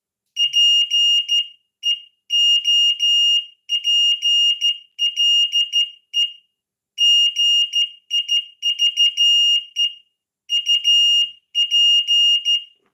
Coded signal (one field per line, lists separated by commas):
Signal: Morse code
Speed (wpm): 14 wpm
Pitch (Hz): 2850 Hz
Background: none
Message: PEOPLE GIVE UP